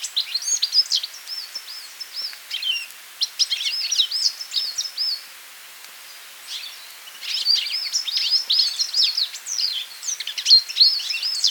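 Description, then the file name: European goldfinch song: long runs of rapid, jangling twitters and buzzy notes, broken by a brief pause midway, with faint background hiss. "Carduelis carduelis"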